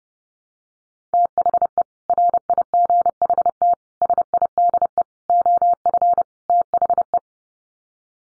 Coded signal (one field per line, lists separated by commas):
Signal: Morse code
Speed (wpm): 30 wpm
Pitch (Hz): 700 Hz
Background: none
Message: THE RIGHT SIDE OF THE